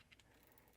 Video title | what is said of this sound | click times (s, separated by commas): Is the Olight PL X Worth It for Home Defense? Full Breakdown | as you get close to tightening it up, it's got a nice positive clicking retention when you tighten it down to your rail. | 0.1 s, 0.2 s, 0.6 s